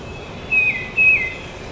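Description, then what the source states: Tufted titmouse song of two high whistled notes, each sliding down at the end, about half a second apart. Recorded at Trempealeau on 12 May 2018.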